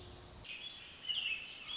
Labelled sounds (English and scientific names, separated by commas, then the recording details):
Pacific Wren (Troglodytes pacificus)
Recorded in Sonoma County, California